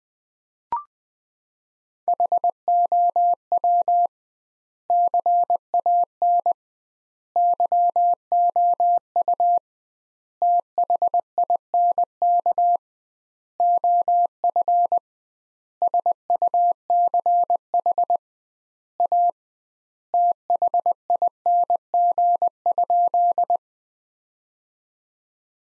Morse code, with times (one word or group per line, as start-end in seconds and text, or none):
2.1-4.1 HOW
4.9-6.5 CAN
7.4-9.6 YOU
10.4-12.8 THINK
13.6-15.0 OF
15.8-18.2 SUCH
19.0-19.3 A
20.1-23.6 THING?